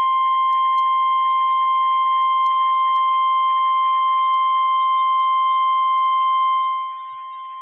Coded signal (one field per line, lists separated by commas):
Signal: Emergency Alert System (SAME) tones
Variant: 1050 Hz attention tone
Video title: Chaotic Hellstorm VI Holiday Hell | EAS Alerts From 12/10/2021 (EAS #1,132-1,192)